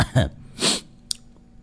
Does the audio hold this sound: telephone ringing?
no